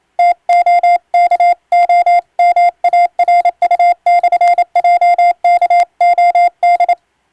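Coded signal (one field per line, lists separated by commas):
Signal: Morse code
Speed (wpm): 28 wpm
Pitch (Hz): 700 Hz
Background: none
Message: TOKOMARU/JKOD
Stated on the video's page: Morse sent on an electronic keyer by a ship radiotelegraph operator as practice for the national exam's telegraphy test, using English-language radiotelegram practice texts.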